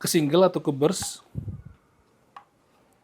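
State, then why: Seated. Someone talks, then the fire selector switch on an airsoft gun receiver is moved from the lock position toward single or burst. It snaps into its detent with a short, sharp click at 2.4 s, which must be heard before the gun can be cocked. The selector is seated in the fire position.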